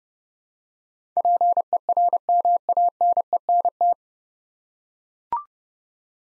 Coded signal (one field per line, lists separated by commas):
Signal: Morse code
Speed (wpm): 30 wpm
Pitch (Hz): 700 Hz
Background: none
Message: PERMANENT